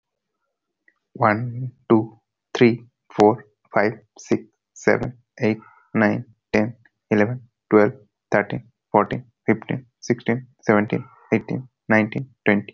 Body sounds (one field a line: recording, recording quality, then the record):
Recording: counting at a normal pace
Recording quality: excellent, no background noise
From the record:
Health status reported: healthy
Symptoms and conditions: none ticked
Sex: male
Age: 27 years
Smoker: not ticked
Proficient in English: yes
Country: India